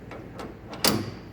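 A drill chuck's taper arbor, turned so its tang is horizontal, is pushed into a lathe tailstock quill. Faint handling noises lead up to a sharp metallic knock at 0.9 s as the taper locks in. The chuck is seated, locking because the tang is horizontal.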